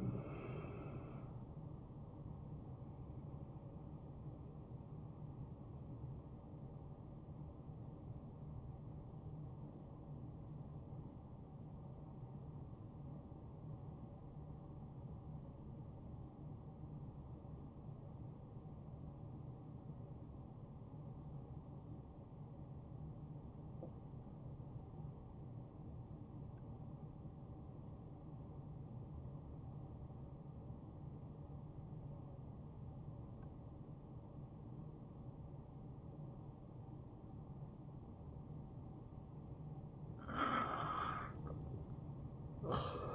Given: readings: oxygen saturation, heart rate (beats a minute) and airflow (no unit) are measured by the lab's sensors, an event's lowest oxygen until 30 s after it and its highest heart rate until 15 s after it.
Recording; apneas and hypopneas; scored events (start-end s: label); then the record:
breathing in sleep by a smartphone at the bedside; 1
6.00-38.30 s: obstructive apnea (N1, oxygen 97% highest, then 85% lowest, heart rate 69 at the start, 74 highest)
9.00-39.00 s: new sleep stage, N2 (light sleep)
39.00-43.15 s: new sleep stage, awake
41.00-43.15 s: awake
From the record:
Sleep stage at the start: N1 (lightest sleep); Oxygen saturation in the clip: 81 to 97%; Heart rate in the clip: 52 to 75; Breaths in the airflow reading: 2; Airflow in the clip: -6.7 to 4.5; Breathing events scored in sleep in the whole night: 263 in 5.5 hours asleep